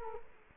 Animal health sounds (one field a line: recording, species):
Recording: mosquito wingbeat signal from an infrared sensor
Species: Culex quinquefasciatus